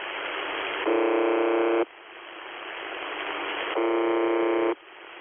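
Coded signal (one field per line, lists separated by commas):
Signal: numbers station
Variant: UVB-76 (The Buzzer)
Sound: two harsh low buzzes, each about a second, separated by hissy radio noise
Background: radio static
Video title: The Buzzer/UVB-76 Voice Message (November 25, 2020 10:08 UTC)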